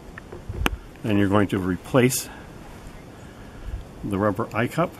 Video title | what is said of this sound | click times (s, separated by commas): Digidapter Installation for Zeiss | you'll be able to feel it click into place and then it's properly mounted then | 0.7 s